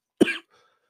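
A single short cough from an adult, after choking on saliva while recovering from the flu.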